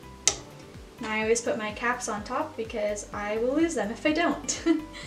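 A plastic accessory clamp on a Cricut cutting machine's carriage is closed over a pen that has been pushed into the holder, giving one sharp click at 0.3 s as the clamp snaps shut and the pen is seated. Someone then talks, with music playing softly in the background.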